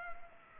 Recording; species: mosquito wingbeat signal from an infrared sensor; Culex pipiens